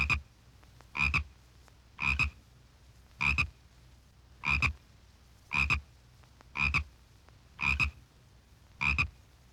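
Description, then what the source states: Frog chirping in short double-pulsed bursts, repeated roughly once a second with steady regularity, over a faint low background hum. A single frog chirping.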